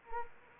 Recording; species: mosquito wingbeat signal from an infrared sensor; Anopheles arabiensis